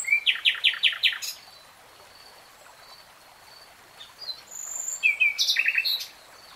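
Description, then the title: Nightingale singing a phrase of several loud repeated notes, then a quiet gap broken by soft whistles before a rapid, buzzy trill near the close. Nightingale singing in real time. "[Tiếng chim hót] 3 Hours REALTIME Nightingale Singing"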